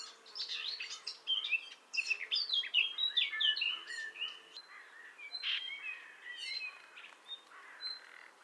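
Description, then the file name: Common nightingale song of rapid, rhythmic whistled notes stepping up and down, followed by softer sustained whistles and scattered chirps. "Luscinia megarhynchos"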